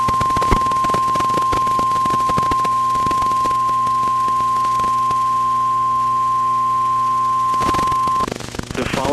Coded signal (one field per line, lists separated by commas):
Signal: Emergency Alert System (SAME) tones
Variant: 1050 Hz attention tone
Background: speech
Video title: WRATH OF THE MOTHERSHIP - EAS/Storm Chase from 6/19/23